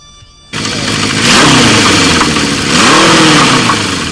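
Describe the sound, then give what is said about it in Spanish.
A chainsaw bursts into life after a brief quiet moment, then revs loudly twice, its buzzing roar climbing in pitch with each surge. No voices are heard. “Sí, es una motosierra.”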